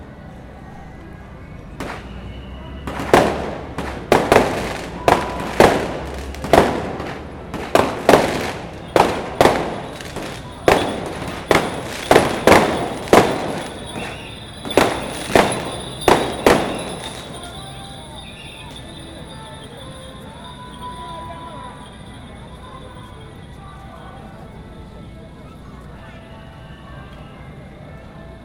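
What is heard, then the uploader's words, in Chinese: Firecrackers burst at a temple festival street celebration, a rapid run of sharp cracks from about three to seventeen seconds, some in quick clusters. Afterward the bangs stop, leaving a steady outdoor hum with faint voices and a high whine. 2019艋舺大拜拜_青山宮靈安尊王祭典。台北市萬華區青山宮靈安尊王祭典。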